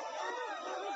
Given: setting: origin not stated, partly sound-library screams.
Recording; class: one-second piece from a danger detection set; woman in danger